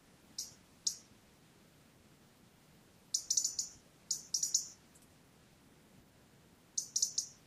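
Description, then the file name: European robin ticking calls, two single high ticks, then clustered bursts of rapid sharp clicks around three to five seconds and again near seven seconds. "Erithacus rubecula"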